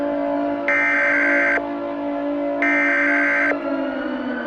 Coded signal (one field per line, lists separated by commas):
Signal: Emergency Alert System (SAME) tones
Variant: header bursts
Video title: EAS Scenario - Frederick County Fire Scenario (PART 2)